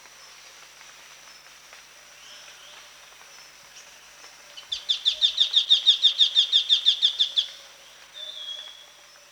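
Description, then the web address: Scaly-crowned babbler giving a fast, even run of many sharp high notes lasting under three seconds, against a steady high insect drone. Recorded at Danum on 1 January 2008. "DANUM 20080101. scaly-crowned babbler"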